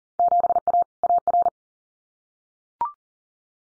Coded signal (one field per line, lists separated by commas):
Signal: Morse code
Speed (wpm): 40 wpm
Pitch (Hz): 700 Hz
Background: none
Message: 7A AR